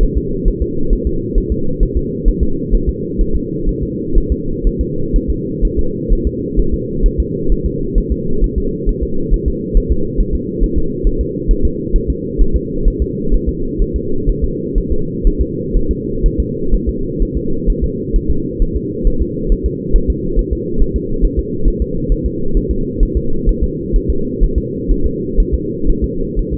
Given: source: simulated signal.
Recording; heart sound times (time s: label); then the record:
fetal heart sounds
0.03 s: S1
0.18 s: S2
0.48 s: S1
0.62 s: S2
0.93 s: S1
1.07 s: S2
1.38 s: S1
1.52 s: S2
1.83 s: S1
1.97 s: S2
2.28 s: S1
2.43 s: S2
2.75 s: S1
2.89 s: S2
3.21 s: S1
3.36 s: S2
3.69 s: S1
3.83 s: S2
4.18 s: S1
4.32 s: S2
4.67 s: S1
4.81 s: S2
5.16 s: S1
5.30 s: S2
5.65 s: S1
5.79 s: S2
6.12 s: S1
6.27 s: S2
6.59 s: S1
6.74 s: S2
7.06 s: S1
7.20 s: S2
7.52 s: S1
7.66 s: S2
7.98 s: S1
8.12 s: S2
8.44 s: S1
8.58 s: S2
8.89 s: S1
9.03 s: S2
9.34 s: S1
9.48 s: S2
9.77 s: S1
9.92 s: S2
10.21 s: S1
10.35 s: S2
10.63 s: S1
10.78 s: S2
11.07 s: S1
11.21 s: S2
11.51 s: S1
11.65 s: S2
11.96 s: S1
12.10 s: S2
12.41 s: S1
12.56 s: S2
12.88 s: S1
13.02 s: S2
13.34 s: S1
13.49 s: S2
13.82 s: S1
13.96 s: S2
14.29 s: S1
14.44 s: S2
14.78 s: S1
14.92 s: S2
15.27 s: S1
15.41 s: S2
15.77 s: S1
15.91 s: S2
16.26 s: S1
16.40 s: S2
16.75 s: S1
16.89 s: S2
17.22 s: S1
17.37 s: S2
17.70 s: S1
17.84 s: S2
18.16 s: S1
18.30 s: S2
18.62 s: S1
18.76 s: S2
19.07 s: S1
19.22 s: S2
19.52 s: S1
19.66 s: S2
19.96 s: S1
20.10 s: S2
20.39 s: S1
20.53 s: S2
20.82 s: S1
20.96 s: S2
21.25 s: S1
21.39 s: S2
21.68 s: S1
21.82 s: S2
22.12 s: S1
22.26 s: S2
22.57 s: S1
22.71 s: S2
23.03 s: S1
23.17 s: S2
23.49 s: S1
23.64 s: S2
23.96 s: S1
24.10 s: S2
24.43 s: S1
24.58 s: S2
24.91 s: S1
25.06 s: S2
25.40 s: S1
25.55 s: S2
25.90 s: S1
26.04 s: S2
26.39 s: S1
26.54 s: S2
From the record:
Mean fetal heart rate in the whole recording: 130 bpm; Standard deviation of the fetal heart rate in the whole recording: 4 bpm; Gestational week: 38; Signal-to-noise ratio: -8.1 dB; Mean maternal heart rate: 72 bpm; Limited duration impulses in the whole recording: absent